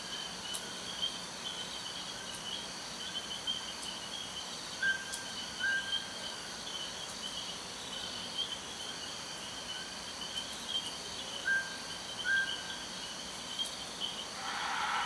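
Rhythmic bird and animal calls ring out over a steady, dense hum of insects. Short repeated chirps come in pairs around five and twelve seconds, with faint clicks scattered throughout and a brief brighter rustle near the end.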